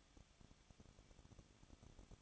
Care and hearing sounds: daily activity, microphone in the room; no activity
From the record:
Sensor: 4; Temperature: 23.0 degrees Celsius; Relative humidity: 34.4%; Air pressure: 1007.2 hPa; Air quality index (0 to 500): 216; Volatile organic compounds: 15 ppm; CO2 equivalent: 2502 ppm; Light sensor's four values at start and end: 2/3/1/1 and 2/3/1/1

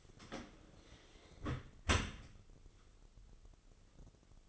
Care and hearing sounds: daily activity, microphone in the room; close dishwasher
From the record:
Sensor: 4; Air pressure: 996.5 hPa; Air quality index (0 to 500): 87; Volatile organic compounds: 4 ppm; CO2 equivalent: 1677 ppm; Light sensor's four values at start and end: 20/55/21/23 and 19/51/20/22

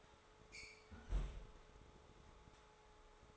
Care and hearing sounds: daily activity, microphone in the room; close fridge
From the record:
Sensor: 3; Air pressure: 1004.5 hPa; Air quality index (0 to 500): 194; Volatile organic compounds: 14 ppm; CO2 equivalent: 2431 ppm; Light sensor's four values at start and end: 5/12/4/4 and 5/12/4/4

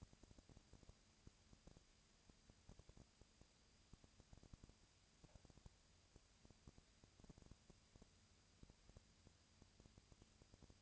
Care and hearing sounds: daily activity, microphone in the room; no activity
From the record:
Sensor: 2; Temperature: 20.3 degrees Celsius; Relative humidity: 37.0%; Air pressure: 998.7 hPa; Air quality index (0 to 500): 236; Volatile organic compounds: 38 ppm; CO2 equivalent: 3116 ppm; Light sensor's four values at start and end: 2/3/2/2 and 2/3/2/2

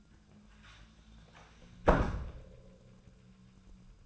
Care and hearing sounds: daily activity, microphone in the room; close door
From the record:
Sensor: 2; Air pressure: 1004.8 hPa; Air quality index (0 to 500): 73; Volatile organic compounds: 1 ppm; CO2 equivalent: 867 ppm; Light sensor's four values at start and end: 7/17/7/7 and 7/16/6/7

